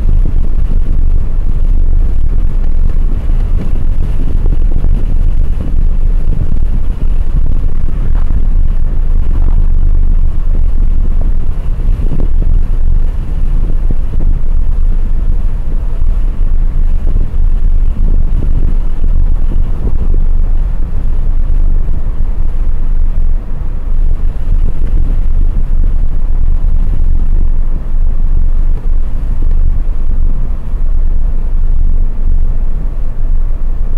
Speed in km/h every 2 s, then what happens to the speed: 81, 82, 83, 83, 82, 82, 83, 82, 81, 87, 88, 89, 86, 85, 84, 82, 81.
0-16 steady at about 82. 16-21 speeds up to 89. 21-34 steady at about 84.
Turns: none.